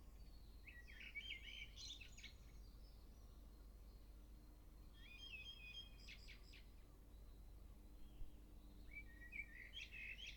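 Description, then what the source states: Nightingale song: three short varied phrases of chirps, trills and whistled notes, spaced several seconds apart, over a steady low rumble. Stavanger.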